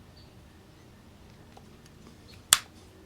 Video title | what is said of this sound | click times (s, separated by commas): UNIQUE COMMERCIAL PUSH MOWER REVIVAL (HONDA POWERED KEE) | That clicks right in. | 2.5 s